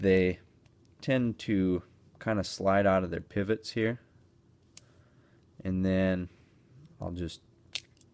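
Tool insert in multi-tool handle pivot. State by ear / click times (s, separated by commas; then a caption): released / 7.8 s. Someone talks while removing the metal tool insert from its pivot in the handle of a gear-driven SOG multi-tool. The insert pops off its pivot with a sharp metallic crunch at 7.8 s, and it is released.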